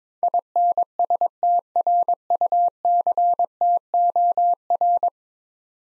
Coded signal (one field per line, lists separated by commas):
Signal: Morse code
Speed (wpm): 22 wpm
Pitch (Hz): 700 Hz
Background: none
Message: INSTRUCTOR